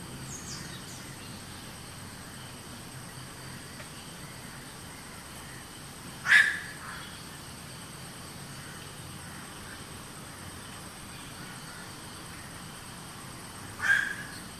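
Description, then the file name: Black-crowned night heron giving two short, harsh, single croaks well apart over a steady background hiss. Recorded 25 September 2015. "slepowron dilip kg. night heron. 25-9-15"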